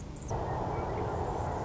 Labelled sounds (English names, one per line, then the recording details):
Anna's Hummingbird
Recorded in Sonoma County, California